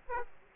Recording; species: mosquito wingbeat signal from an infrared sensor; Aedes aegypti